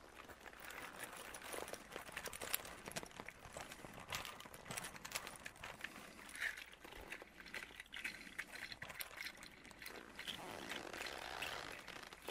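A leather coat creaks and rustles steadily throughout, with dense, crackly little clicks and scrapes and a faint murmur beneath.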